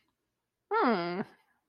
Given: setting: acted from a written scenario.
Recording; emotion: vocal sound without words; interest